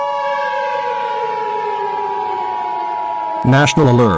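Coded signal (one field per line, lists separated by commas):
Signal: Emergency Alert System (SAME) tones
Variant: 853 and 960 Hz attention tone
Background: speech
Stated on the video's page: Fictional EAS scenario, re-uploaded.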